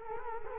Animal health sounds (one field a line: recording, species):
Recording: mosquito wingbeat signal from an infrared sensor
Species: Culex quinquefasciatus